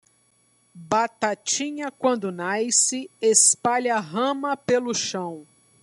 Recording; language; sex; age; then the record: short text; Brazilian Portuguese; female; 40 to 49 years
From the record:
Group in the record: control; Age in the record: 48 years